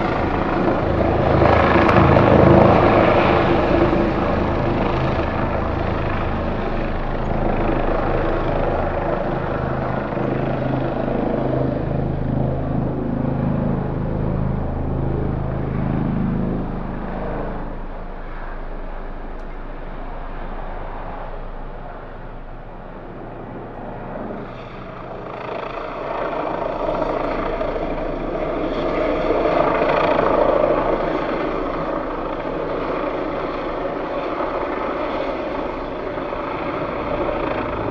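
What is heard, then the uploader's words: A police helicopter circles over a neighbourhood, its low rotor drone loudest in the opening seconds, then easing and thinning around the twentieth second. After about 25 seconds it swells again. Police Helicopter Circling Overhead. Field recording of a police helicopter circling over our neighbourhood. Gear: Sony PCM-M10 built-in mics.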